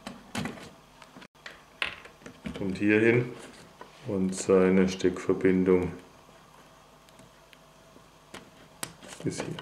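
A loudspeaker from a Philips 40PFL3078K/12 LED TV is pushed into the plastic back housing and clipped in place during a backlight repair, not screwed. Amid soft handling knocks and someone talking, a sharp snap at 1.8 s marks the speaker seating in its clip.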